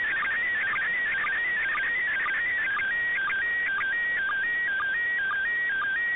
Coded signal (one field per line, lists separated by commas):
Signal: SSTV (slow-scan television)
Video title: Decoding the ISS SSTV